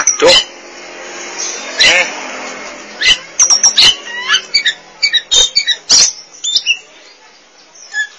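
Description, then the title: Oriental magpie-robin song: scattered sharp clicks and whistled notes, irregular and varied, over a faint steady hiss. Song (kicauan). "Suara Kicauan Burung Kacer"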